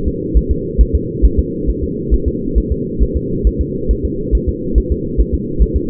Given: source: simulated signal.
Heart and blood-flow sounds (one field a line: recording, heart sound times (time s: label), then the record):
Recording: fetal heart sounds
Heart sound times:
0.08 s: S2
0.37 s: S1
0.51 s: S2
0.81 s: S1
0.95 s: S2
1.25 s: S1
1.39 s: S2
1.70 s: S1
1.84 s: S2
2.14 s: S1
2.28 s: S2
2.58 s: S1
2.72 s: S2
3.02 s: S1
3.17 s: S2
3.47 s: S1
3.61 s: S2
3.91 s: S1
4.05 s: S2
4.35 s: S1
4.49 s: S2
4.78 s: S1
4.92 s: S2
5.20 s: S1
5.34 s: S2
5.62 s: S1
5.76 s: S2
From the record:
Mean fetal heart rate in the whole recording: 140 bpm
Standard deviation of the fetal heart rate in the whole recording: 2 bpm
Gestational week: 34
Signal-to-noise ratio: -6.6 dB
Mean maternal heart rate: 72 bpm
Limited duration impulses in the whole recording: present